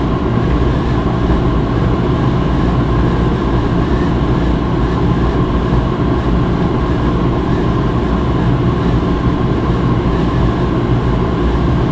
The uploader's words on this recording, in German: Rauschen des Wäschetrockners im Waschsalon. Die gleichmäßigen Geräusche des Trockners.